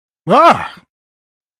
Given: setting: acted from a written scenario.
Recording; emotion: vocal sound without words; fear